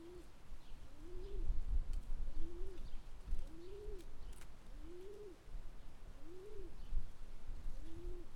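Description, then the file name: Bird giving low, soft arched coos, each note rising then falling, repeated in a steady series over a faint rumbling background. Bird calls recorded in Mérida. "Merida Bird Calls"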